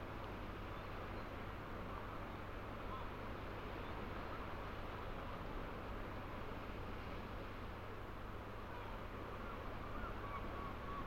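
Ocean waves wash against the old seawalls of the St Abbs harbour at night, a steady, dense roar with no clear individual crashes. A low rumble runs underneath throughout, and the level stays even across the whole stretch.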